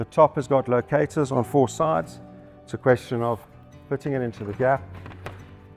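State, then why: Seated. A top panel with locators on all four sides is pushed into the gap of a TRIGA Go 1m portable kiosk frame while someone talks. A brief tap at 5.1 s is followed by a sharper click at 5.3 s as the top finds the slot and locks into place.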